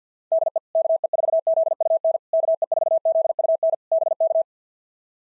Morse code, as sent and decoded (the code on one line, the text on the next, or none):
-.. . / -.- . ....- --.. ..- -. / -.- . ....- --.. ..- -. / -... -.-
DE KE4ZUN KE4ZUN BK